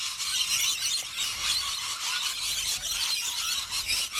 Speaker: I'm going to tell you, that is the sound of rainbow lorikeets.